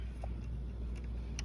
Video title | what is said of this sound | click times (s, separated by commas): I Broke My Audi 😱🤬⁉️ DIY Fix & Repair ! | don't know why it's not clicking on, but it should click on. | none